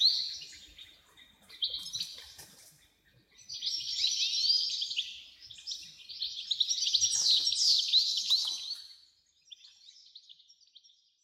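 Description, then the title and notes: Wren song in high-pitched reeling trills, several bursts of rapid jingling notes separated by short pauses, over a quiet background. Dozens of wrens in the backyard of a home in Dover, southern Tasmania. "Nature Sounds Tasmania - Dover Wrens. The sounds of dozens of wrens in the backyard of a home in Dover, southern Tasmania"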